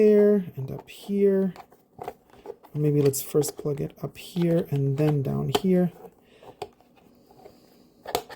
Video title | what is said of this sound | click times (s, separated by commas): The New Fright Zone from Masters of The Universe Origins MOTU Evil Horde Toyline Unboxing and Review | And that's it. So, it clicks there. | 6.6 s, 8.1 s